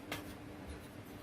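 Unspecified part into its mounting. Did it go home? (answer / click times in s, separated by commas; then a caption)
no / none. A part is handled as it is pressed toward its mount, with a brief broadband rustle near 0.1 s over a steady low hum. Nothing has seated or clicked yet.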